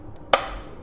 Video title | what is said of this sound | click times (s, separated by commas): Mioji Mio Smell 2x Aromaterapi Otomatik Oda Kokusu Makinesi - Detaylı İnceleme | tık etti yerine yerleşti | 0.3 s